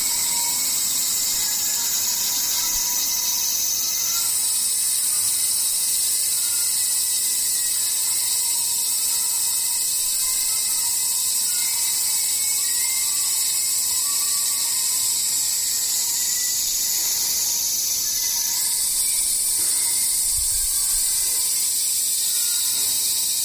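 Cicadas drone in a steady, dense, high-pitched buzz that shifts pitch slightly around four and eighteen seconds, with faint lower chirps underneath.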